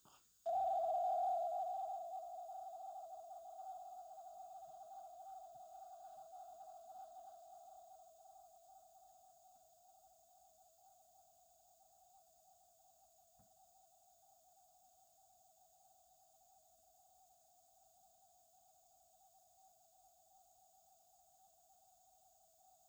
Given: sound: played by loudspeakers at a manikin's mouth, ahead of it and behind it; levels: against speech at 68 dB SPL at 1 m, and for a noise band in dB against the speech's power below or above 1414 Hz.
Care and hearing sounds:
test signals for a remote microphone
0.08 s: click
0.46-22.89 s: noise band at 707 Hz, as loud as that band is in speech
From the record:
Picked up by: remote receiver E, fed by microphone B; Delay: 43 ms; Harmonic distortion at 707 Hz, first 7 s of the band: under -35 dB

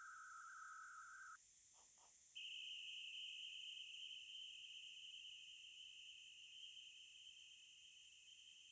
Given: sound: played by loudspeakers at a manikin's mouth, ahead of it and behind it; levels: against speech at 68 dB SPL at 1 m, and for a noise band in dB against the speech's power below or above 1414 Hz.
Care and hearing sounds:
test signals for a remote microphone
0.00-1.35 s: noise band at 1414 Hz, as loud as that band is in speech
2.35-8.72 s: noise band at 2828 Hz, as loud as that band is in speech
From the record:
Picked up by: remote microphone B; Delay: 24 ms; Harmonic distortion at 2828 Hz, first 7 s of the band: under -17 dB (system noise only)

